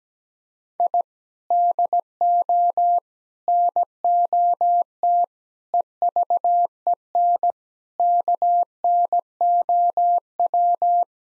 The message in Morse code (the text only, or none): I DO NOT EVEN KNOW